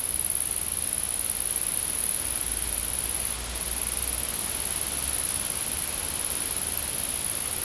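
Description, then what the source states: Insect trilling, a steady high-pitched shrill drone running almost unbroken, with one brief gap in the middle, over a constant hiss. Insects recorded in a field.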